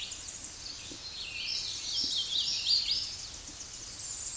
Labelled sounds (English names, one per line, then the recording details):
Hooded Warbler song
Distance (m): 30 m
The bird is about 5 m above the microphone
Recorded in a Pennsylvania forest on 16 May 2024 at 09:41
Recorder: AudioMoth, point MSD-1293
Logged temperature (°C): 12.0 °C
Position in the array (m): 26 m, 150 m